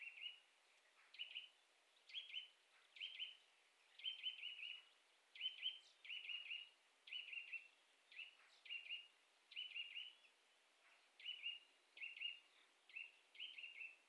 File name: Sitta europaea